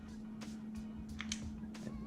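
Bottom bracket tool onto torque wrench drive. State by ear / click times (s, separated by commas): seated / 1.2 s, 1.3 s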